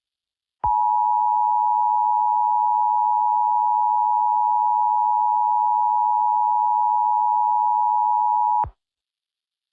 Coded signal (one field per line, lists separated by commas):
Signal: Emergency Alert System (SAME) tones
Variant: 853 and 960 Hz attention tone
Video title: Little Einsteins.exe 2: The Final exe War (an EAS Scenario)